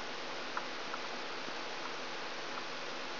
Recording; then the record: brain microelectrode recording played as sound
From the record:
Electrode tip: outside the subthalamic nucleus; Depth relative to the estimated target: 0 mm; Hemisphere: left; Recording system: AlphaMap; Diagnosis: Parkinson's disease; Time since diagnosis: 10 years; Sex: male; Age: 47 years